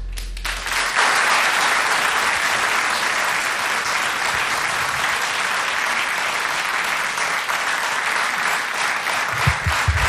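Sustained audience applause, a dense steady wash of many hands clapping at an even loudness for about ten seconds, with no voices standing out, for a laureate of the 2019 Mateusz award, Jazz Debut category.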